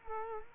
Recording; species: mosquito wingbeat signal from an infrared sensor; Culex quinquefasciatus